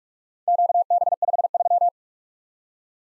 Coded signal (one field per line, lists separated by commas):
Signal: Morse code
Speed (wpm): 44 wpm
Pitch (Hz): 700 Hz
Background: none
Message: QB53